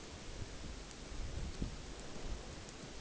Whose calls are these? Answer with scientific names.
none